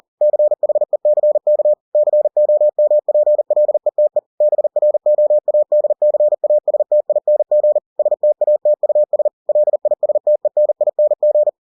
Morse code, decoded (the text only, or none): CHECK COMPLETE BROADCASTING STATUS LISTENING